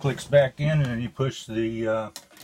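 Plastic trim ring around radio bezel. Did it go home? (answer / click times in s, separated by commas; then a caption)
no / none. Someone talks while a plastic trim ring is about to be pushed back on, as a push-on part, around the reinstalled radio bezel of an ACE 29 3. Only speech is heard, with brief faint noise at the end. The trim ring has not seated or clicked yet.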